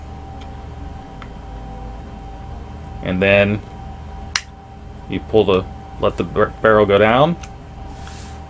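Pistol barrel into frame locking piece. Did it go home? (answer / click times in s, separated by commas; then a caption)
no / none. During reassembly of a Phoenix Arms HP22A pistol, the metal barrel is released down onto its pin, to be pushed down into the frame's slide locking piece. Someone talks over a steady background hum, with a faint tick at 1.2 s and a sharp tick at 4.4 s. Nothing has seated or clicked into its locked position yet.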